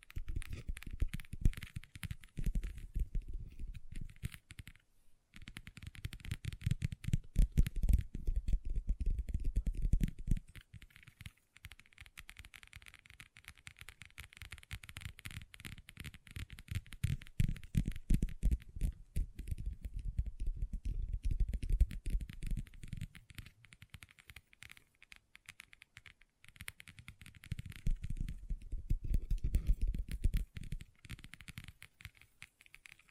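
Long nails tap and scratch a table in dense, rapid clicks, swelling into heavier bursts around 6–10, 17–22 and 28–32 seconds.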